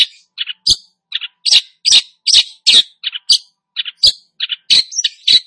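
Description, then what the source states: Long-tailed shrike with a lively sequence of harsh, buzzy notes mixed with short chirps, roughly two or three per second. Described as "gacor", meaning singing actively and vigorously.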